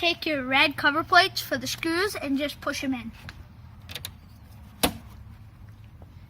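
A red plastic screw cover plate is pushed over a screw on a center high mount third brake light housing until it seats. Someone talks for the first three seconds, then a few faint taps follow before a sharp click at 4.8 s as the plate snaps into place.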